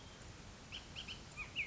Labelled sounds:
Bullock's Oriole (Icterus bullockii)
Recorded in Sonoma County, California

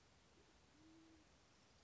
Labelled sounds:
Band-tailed Pigeon (Patagioenas fasciata)
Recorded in Sonoma County, California

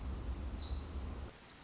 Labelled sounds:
Pacific Wren (Troglodytes pacificus)
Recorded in Sonoma County, California

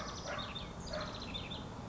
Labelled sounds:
House Wren (Troglodytes aedon)
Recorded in Sonoma County, California

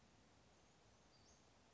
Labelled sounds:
Western Flycatcher (Empidonax difficilis)
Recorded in Sonoma County, California

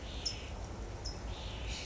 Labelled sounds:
California Towhee (Melozone crissalis)
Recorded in Sonoma County, California

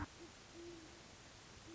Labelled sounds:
Great Horned Owl (Bubo virginianus)
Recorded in Sonoma County, California

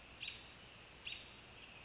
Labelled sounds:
American Robin (Turdus migratorius)
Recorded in Sonoma County, California

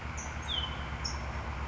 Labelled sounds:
California Towhee (Melozone crissalis)
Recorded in Sonoma County, California

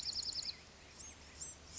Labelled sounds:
Bewick's Wren (Thryomanes bewickii)
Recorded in Sonoma County, California

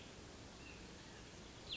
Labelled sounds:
Cassin's Vireo (Vireo cassinii)
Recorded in Sonoma County, California

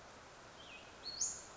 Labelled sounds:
Cassin's Vireo (Vireo cassinii)
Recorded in Sonoma County, California

